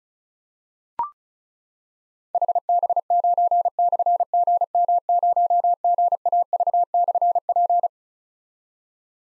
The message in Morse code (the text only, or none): HB9/GM0GAV/P